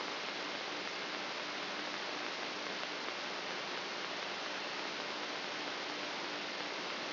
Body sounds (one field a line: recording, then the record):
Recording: brain microelectrode recording played as sound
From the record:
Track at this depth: inside the subthalamic nucleus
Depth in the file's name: 0.827 mm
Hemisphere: left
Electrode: 3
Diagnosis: Parkinson's disease